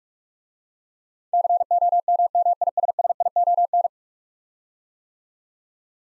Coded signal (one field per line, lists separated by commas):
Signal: Morse code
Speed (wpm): 46 wpm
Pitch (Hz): 700 Hz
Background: none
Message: COMMISSION